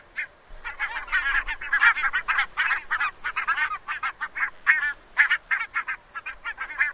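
Bird: rapid, overlapping nasal honks from several birds, a steady chattering flock of goose-like calls continuing throughout.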